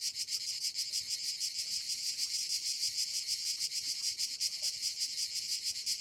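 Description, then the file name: High cricket chirping, dense and continuous, with quick repeated pulses and a faint wavering rhythm over the chorus. "Crickets Orchestra"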